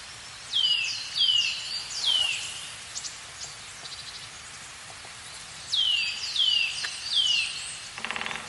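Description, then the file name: Eurasian nuthatch giving two bursts of three loud, falling whistled notes, separated by a quieter stretch of faint ticks and clicks. "Sitta europaea"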